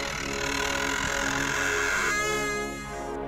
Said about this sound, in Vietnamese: Cánh cửa từ từ mở ra, phát ra âm thanh kèn kẹt đến lạnh cả người. Ấy phải thừa nhận rằng là mặc dù đã đi ăn trộm nhiều lần, thế nhưng mà ban đêm nghe cái tiếng kẹt cửa này thì cũng rợn gáy lắm.